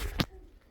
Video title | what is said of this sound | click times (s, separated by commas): Fixing a broken key on an Alesis Recital Pro keyboard. | push it until it clicks. And once it's clicked in, | 0.2 s